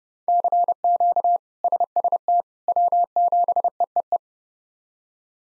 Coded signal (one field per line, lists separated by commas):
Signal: Morse code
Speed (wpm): 30 wpm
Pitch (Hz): 700 Hz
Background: none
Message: CQ SST W7EEE